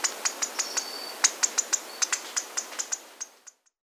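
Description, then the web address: Amazon dwarf squirrel uttering a quick run of sharp, high chirps that fade out, then silence for the last few tenths of a second. Amazon rainforest, South America. "Natures Songs S America Mammals of the Rainforest Amazon Dwarf Squirrel"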